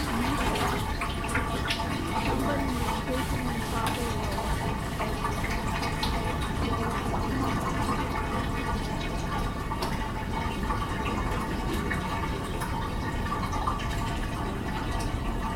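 A collage of Oregon sounds: steady, dense rushing water like pouring or flushing runs throughout, with a faint voice and scattered drips beneath.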